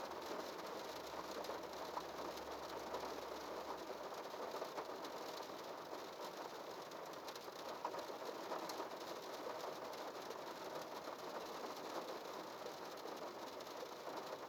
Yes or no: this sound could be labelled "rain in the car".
yes